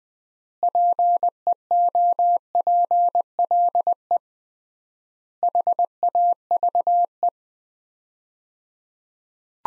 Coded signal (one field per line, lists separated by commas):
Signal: Morse code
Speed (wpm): 20 wpm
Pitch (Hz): 700 Hz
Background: none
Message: PEOPLE HAVE